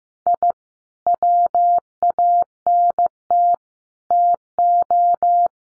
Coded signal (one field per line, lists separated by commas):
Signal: Morse code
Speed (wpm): 15 wpm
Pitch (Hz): 700 Hz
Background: none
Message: I WANT TO